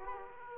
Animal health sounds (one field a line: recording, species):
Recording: mosquito wingbeat signal from an infrared sensor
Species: Aedes aegypti